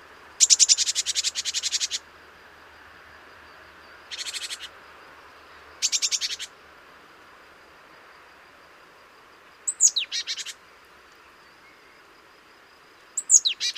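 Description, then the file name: Great tit with a long buzzy churr followed by shorter rasping rattles and sharp high notes that drop in pitch, given in irregular bursts. "Parus major"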